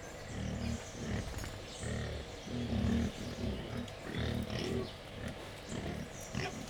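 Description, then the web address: Wild boar uttering a steady series of low pulsed grunts, roughly one or two per second, with faint squeaks in the background. Captive wild boar at Jászberény Zoo, excited before feeding, recorded 28 April 2015. "jaszberenyizoo 2015 vaddiszno etetesrefelajzva"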